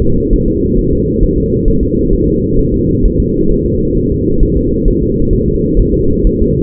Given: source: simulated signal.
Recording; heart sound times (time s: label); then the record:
fetal heart sounds
0.02 s: S2
0.33 s: S1
0.48 s: S2
0.79 s: S1
0.93 s: S2
1.23 s: S1
1.38 s: S2
1.68 s: S1
1.83 s: S2
2.13 s: S1
2.28 s: S2
2.59 s: S1
2.74 s: S2
3.05 s: S1
3.20 s: S2
3.52 s: S1
3.66 s: S2
3.97 s: S1
4.12 s: S2
4.43 s: S1
4.57 s: S2
4.88 s: S1
5.03 s: S2
5.33 s: S1
5.48 s: S2
5.80 s: S1
5.94 s: S2
6.27 s: S1
6.42 s: S2
From the record:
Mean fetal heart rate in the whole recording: 130 bpm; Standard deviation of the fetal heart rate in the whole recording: 4 bpm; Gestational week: 38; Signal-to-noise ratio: -15.3 dB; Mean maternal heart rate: 72 bpm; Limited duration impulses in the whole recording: present